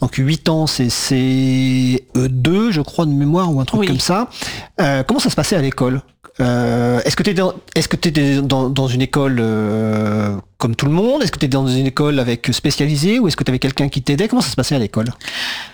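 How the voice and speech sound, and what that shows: An adult asks in fluent French about school years; ordinary clear speech with normal rhythm and voice.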